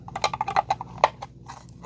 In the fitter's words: There. It kind of snaps into place.